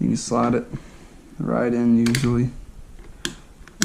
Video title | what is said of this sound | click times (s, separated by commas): Disassembly and reassembily: Beretta a400 Xtreme Plus | you'll feel it click - quick nice in there okay | 3.2 s, 3.8 s